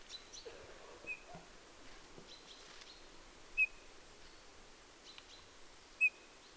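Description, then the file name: Eurasian bullfinch calls, soft short piping notes given singly every few seconds, over quiet background noise with faint other chirps. "Pyrrhula pyrrhula"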